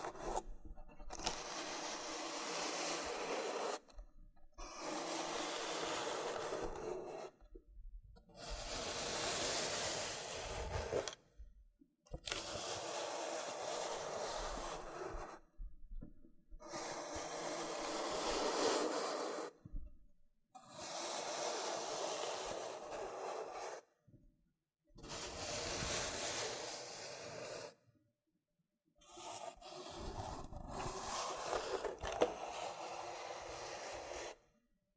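Loofah scrubbing comes in repeated strokes of rough, scratchy rasping, each lasting two to four seconds and separated by short silences. The texture is bright and dense, swelling and fading within each pass, with occasional small crackly pops along the way.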